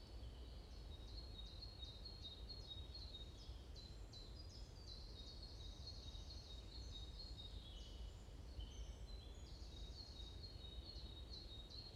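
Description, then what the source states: Bird: dense high chirping from several birds, quick repeated notes and trills throughout, steady low rumble beneath. Morning birds chirping around a forest in Bosvoorde, Watermaal-Bosvoorde, Brussels, Belgium; described as peaceful ('rust'); recorded with an AMBE VR microphone.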